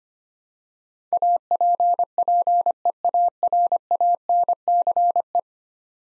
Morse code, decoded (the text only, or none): APPEARANCE